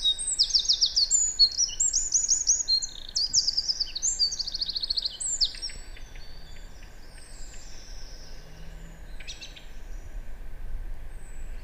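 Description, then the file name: Eurasian wren singing a loud, rapid, high series of trills and twittering phrases for about five seconds, followed by faint scattered ticks and a quieter background hiss. "Troglodytes troglodytes"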